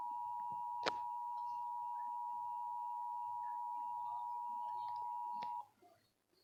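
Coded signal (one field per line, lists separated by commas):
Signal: Emergency Alert System (SAME) tones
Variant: 853 and 960 Hz attention tone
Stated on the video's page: Amber Alert (child abduction emergency) aired on a TV station, relayed from primary EAS radio stations and captured with a phone camera.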